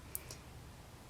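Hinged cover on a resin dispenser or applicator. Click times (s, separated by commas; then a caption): 0.2 s. A hinged cover on a resin dispenser is swung back over after the plunger is pressed and the drips drain, then pushed shut. A sharp click at 0.1 s, followed by a softer, fainter tick at 0.3 s, marks the cover seating into place before it is slid closed.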